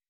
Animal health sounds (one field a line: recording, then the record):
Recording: hydrophone in a shrimp aquaculture tank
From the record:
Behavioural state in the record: weakened